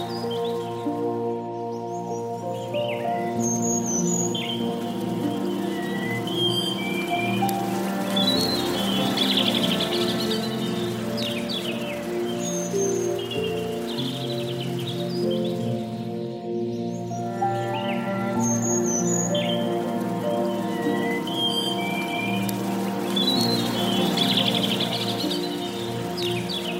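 Soft piano plays slow, sustained chords that ring and overlap, holding a steady level throughout. Bird chirps and short tweets sparkle above the music, coming every few seconds. Around the 1 and 16 second marks, the high sounds briefly drop away.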